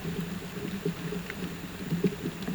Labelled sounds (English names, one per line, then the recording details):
none
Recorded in pastures near Puerto Asís, Putumayo, Colombia, on 12 March 2025 at 08:00
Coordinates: 0.472, -76.329
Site G074